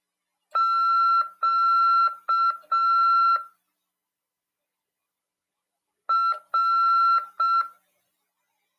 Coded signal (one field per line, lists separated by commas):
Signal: Morse code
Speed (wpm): 6 wpm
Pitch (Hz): 1350 Hz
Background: none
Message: QR